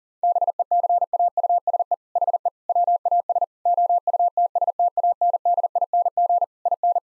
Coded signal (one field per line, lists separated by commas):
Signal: Morse code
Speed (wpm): 40 wpm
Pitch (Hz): 700 Hz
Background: none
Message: BECAUSE HE WAS OUTSTANDING IN